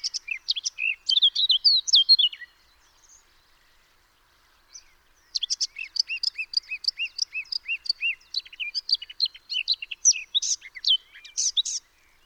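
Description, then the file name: Eurasian blackcap: a fast, scratchy warble of varied high notes, a pause of nearly three seconds, then a longer run of rapid, repeated chattering notes and louder sharp phrases. "Sylvia atricapilla"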